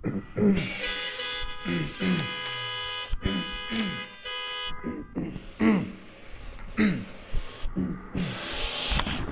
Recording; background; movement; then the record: throat clearing; traffic; sitting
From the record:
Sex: male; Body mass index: 21.0 kg/m2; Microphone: on the chest, facing the body